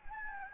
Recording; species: mosquito wingbeat signal from an infrared sensor; Anopheles gambiae